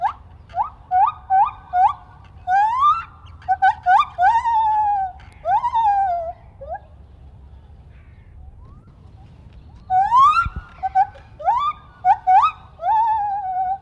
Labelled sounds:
Lar Gibbon
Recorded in captivity
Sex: male
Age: adult
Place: Tierpark Berlin, Berlin, DE
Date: 1974-07-20
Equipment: Uher 4200 Report Stereo, Verstärker, Sennheiser MD 421
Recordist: Tembrock, Günter

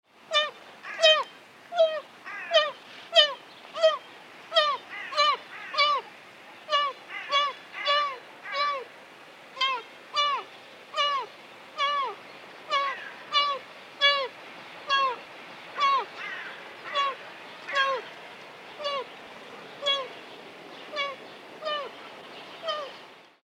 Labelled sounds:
Fallow Deer
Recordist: Tembrock, Günter
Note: Jungtier (2 Monate): Rufe

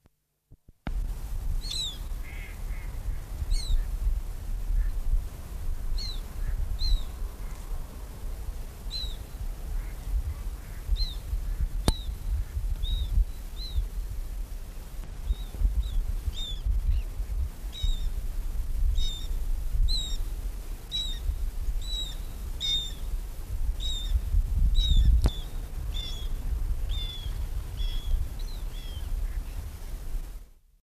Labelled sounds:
Black Tern call
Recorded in the wild
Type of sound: call
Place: Penkefitz, Niedersachsen, DE
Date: 1986-08-16
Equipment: Halbspur, 9,5 cm/s
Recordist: Lütgens, Hans
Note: See "Taube Elbe": Rufe

